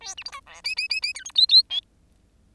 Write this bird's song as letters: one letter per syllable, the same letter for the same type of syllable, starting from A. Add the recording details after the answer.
A B C D E F F F F G H I I J. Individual Bird10